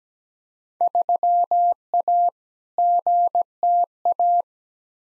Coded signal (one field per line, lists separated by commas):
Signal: Morse code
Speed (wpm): 17 wpm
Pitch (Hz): 700 Hz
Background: none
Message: 3A GTA